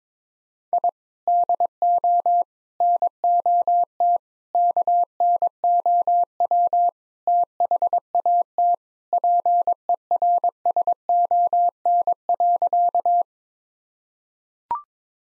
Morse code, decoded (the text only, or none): I DO NOT KNOW THAT PERSON.